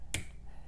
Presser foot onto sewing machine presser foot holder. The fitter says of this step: and then i heard that snap i know it's got the presser foot so i can lift that up